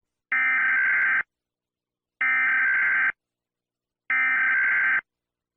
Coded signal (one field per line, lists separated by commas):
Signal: Emergency Alert System (SAME) tones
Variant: header bursts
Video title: EAS Scenario - The Deadly Big One (Part 3)